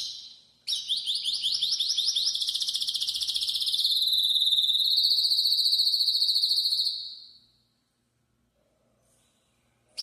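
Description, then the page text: Canary song: rapid high trills of repeated notes, shifting through several tours and merging into a steady buzzy roll, then stopping into near silence. Belgian canary breed, singing loudly. "cantodepassaros 2. Canário Belga Cantando Forte! #canariobelga"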